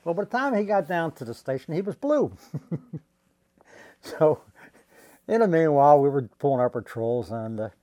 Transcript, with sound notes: Well, by the time he got down to the station he was blue. [chuckles] So in the meanwhile, we were pulling our patrols and